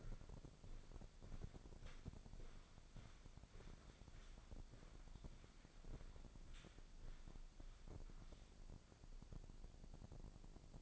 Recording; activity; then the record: daily activity, microphone in the room; walk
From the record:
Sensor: 5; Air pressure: 1009.4 hPa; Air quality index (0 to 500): 146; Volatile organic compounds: 2 ppm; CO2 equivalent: 1136 ppm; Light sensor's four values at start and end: 356/850/365/407 and 356/848/365/406